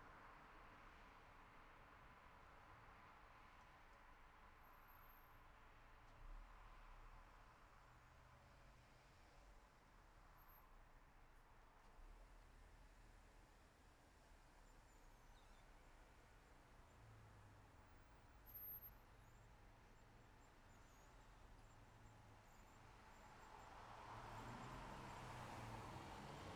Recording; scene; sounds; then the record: everyday scene through a hearing-aid microphone; in traffic; traffic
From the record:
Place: city secondary road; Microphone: behind the ear, left, front